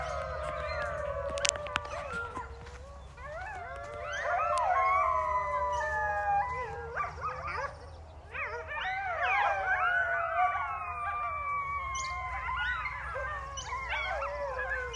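A pack of coyotes howls and yips together, many voices sliding up and down at once in a dense, wavering chorus that swells around the middle and keeps going to the end. A steady low rumble sits underneath, with a brief sharp click early on.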